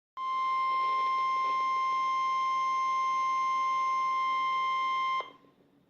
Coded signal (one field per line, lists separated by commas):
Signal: Emergency Alert System (SAME) tones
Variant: 1050 Hz attention tone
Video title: 12-27-17 Required Weekly Test Take 2 [EAS 23]